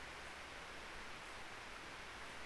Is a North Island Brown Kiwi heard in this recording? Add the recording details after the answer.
no. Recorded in New Zealand on 3 December 2013. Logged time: 04:27. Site DF60